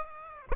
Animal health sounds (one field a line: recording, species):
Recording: mosquito wingbeat signal from an infrared sensor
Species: Aedes aegypti